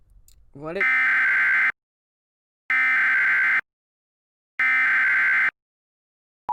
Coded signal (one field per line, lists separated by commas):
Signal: Emergency Alert System (SAME) tones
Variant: header bursts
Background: speech